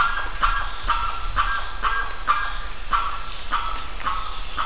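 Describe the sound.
Bird giving short notes in a steady series, about two per second, over a constant hum and low rumble.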